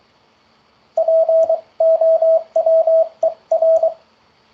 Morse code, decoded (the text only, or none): POWER